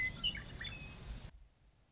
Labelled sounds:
Western Meadowlark
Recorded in Sonoma County, California

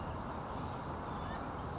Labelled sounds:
Song Sparrow
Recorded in Sonoma County, California

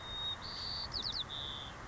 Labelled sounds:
White-crowned Sparrow
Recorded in Sonoma County, California

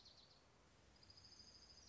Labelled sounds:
Orange-crowned Warbler
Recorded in Sonoma County, California

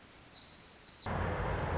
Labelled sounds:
Pacific Wren
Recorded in Sonoma County, California

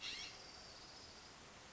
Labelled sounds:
California Scrub-Jay
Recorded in Sonoma County, California

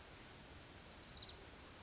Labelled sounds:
Orange-crowned Warbler
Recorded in Sonoma County, California

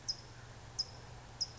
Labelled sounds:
California Towhee
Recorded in Sonoma County, California

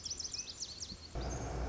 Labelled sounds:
Lazuli Bunting
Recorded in Sonoma County, California

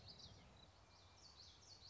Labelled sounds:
Common Yellowthroat
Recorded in Sonoma County, California

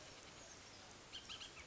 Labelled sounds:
Bullock's Oriole
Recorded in Sonoma County, California

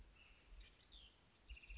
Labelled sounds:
House Wren
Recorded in Sonoma County, California

